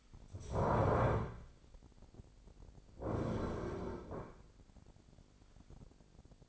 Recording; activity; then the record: daily activity, microphone in the room; stand up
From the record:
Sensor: 5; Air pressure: 1009.3 hPa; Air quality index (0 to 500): 155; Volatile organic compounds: 2 ppm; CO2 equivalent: 1192 ppm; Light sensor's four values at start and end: 278/666/283/311 and 276/662/282/309